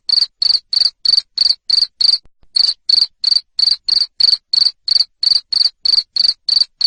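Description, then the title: Cricket chirping, bright high-pitched pulses repeated about three times a second, broken once by a short gap. Loud cricket chirping played to make lovebirds sing ngekek continuously. "Suara JANGKRIK NGERIK Keras Bikin LOVEBIRD Jadi NGEKEK Terus Vubey"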